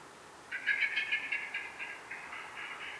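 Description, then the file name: Common blackbird rattling chatter, a fast run of harsh clucking notes that slows and fades over two and a half seconds. "Turdus merula"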